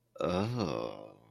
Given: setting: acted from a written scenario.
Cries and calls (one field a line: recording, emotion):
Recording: vocal sound without words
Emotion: desire